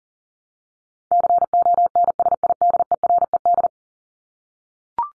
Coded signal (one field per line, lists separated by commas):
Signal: Morse code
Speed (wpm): 37 wpm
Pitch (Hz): 700 Hz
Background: none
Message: CONSIDERED